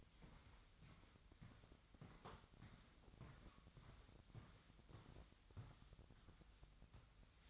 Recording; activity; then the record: daily activity, microphone in the room; walk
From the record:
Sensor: 3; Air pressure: 1001.6 hPa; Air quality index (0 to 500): 226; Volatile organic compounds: 32 ppm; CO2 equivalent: 2996 ppm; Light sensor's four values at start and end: 12/36/16/13 and 12/35/15/13